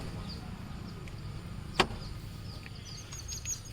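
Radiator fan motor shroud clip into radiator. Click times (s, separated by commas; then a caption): 1.8 s. A car's radiator fan motor assembly, with U-shaped plastic locking cups on both sides, is pressed by hand onto the radiator. A sharp click at 1.8 s marks the lock clip snapping in and the assembly seating, with fainter ticks around it over a low steady hum. No one talks.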